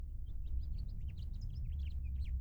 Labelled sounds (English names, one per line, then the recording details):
House Finch song
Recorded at Hewlett Harbor on Long Island, New York, on 10 June 1975
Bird M